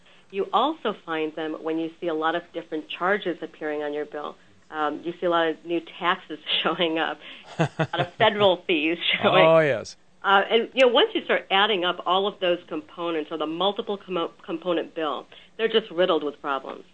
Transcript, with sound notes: You also find them when you see a lot of different charges appearing on your bill - you see a lot of new taxes showing up... *laugh*... federal fees. Once you start adding up all of those components of the multiple-component bills, they're just riddled with problems.